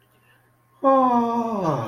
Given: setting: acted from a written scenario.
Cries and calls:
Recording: vocal sound without words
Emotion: distress

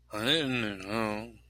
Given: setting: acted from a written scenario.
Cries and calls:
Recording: vocal sound without words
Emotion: shame

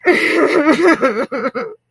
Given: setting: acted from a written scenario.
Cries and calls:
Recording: vocal sound without words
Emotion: sadness

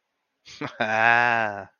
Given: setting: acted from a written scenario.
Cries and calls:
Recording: vocal sound without words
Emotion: pride

